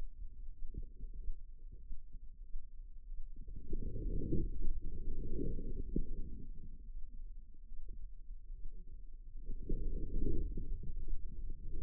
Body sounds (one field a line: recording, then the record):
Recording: forearm muscle sounds (acoustic myography)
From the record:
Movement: inward rotation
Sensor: system 2, bracelet of six BSWA MPA416 microphones around the upper forearm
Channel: 4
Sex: female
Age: 25 years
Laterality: right